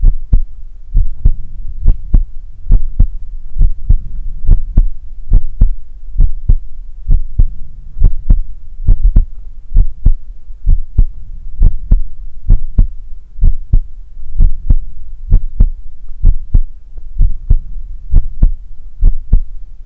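Steady, soft low thumps come in lub-dub pairs at about 65 beats a minute over a faint low hum. An ordinary adult heartbeat, regular, with no added murmur or extra sounds.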